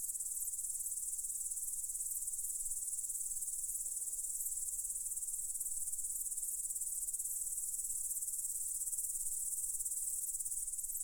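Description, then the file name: Continuous shrill cricket trilling without a break, light low-frequency rumble underneath. "cvrcci"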